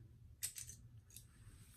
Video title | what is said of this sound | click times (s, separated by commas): Labor Day Shave-Dedicated to Jill Snoddon. With-Sierra Razor & Land Ho Aftershave | locks in place yeah this is a heavy handled raider it's | 0.4 s